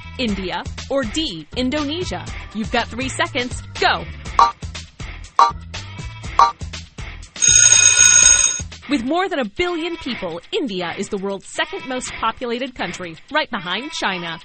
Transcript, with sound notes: India, or, Indonesia? You`ve got three seconds. Go! (BUZZER) With more than a billion people, India is the world`s second most populated country, right behind China.